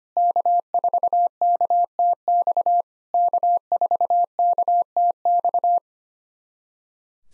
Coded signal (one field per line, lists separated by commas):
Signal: Morse code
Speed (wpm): 25 wpm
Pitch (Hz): 700 Hz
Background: none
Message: K4KTX K4KTX